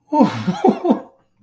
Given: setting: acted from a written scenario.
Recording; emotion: vocal sound without words; elation